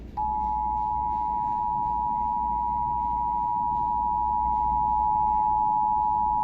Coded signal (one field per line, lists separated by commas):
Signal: Emergency Alert System (SAME) tones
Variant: 853 and 960 Hz attention tone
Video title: EAS #474: Required Monthly Test - Indiana (7/17/2025) (WTTV)